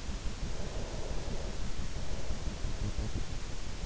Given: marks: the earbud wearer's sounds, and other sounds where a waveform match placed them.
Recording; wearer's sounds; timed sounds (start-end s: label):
sounds in sleep by an in-ear microphone; breath
0.40-3.66 s: breath